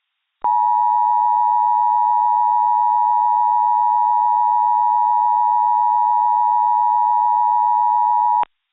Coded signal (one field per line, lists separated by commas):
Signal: Emergency Alert System (SAME) tones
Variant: 853 and 960 Hz attention tone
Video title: EAS Scenario #16 - SCP Revolution